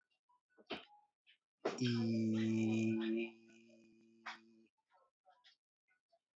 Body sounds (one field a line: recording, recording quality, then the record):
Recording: sustained vowel as in beet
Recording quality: excellent, no background noise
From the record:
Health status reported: COVID-19 positive, mild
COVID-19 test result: positive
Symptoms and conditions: fever, loss of smell and taste, diabetes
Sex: male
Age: 47 years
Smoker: not ticked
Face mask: not worn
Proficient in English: yes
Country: India